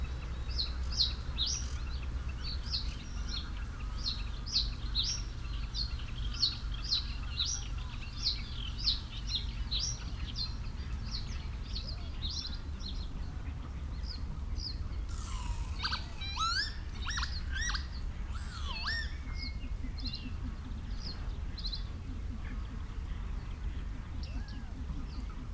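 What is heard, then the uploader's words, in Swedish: Sedge warbler and reed bunting sing persistently, a fast run of bright, regular chirps through the first half. Around fifteen to nineteen seconds louder calls break in, with clamorous cackling over a steady low rumble, then scattered chirps continue. Dalbyvikens ljudlandskap i maj. Ljuden är inspelade med Telingas SSM-mikrofon och en Olympus LS-14 samt PRO-8 MK2 parabolmikrofon och en Zoom H4.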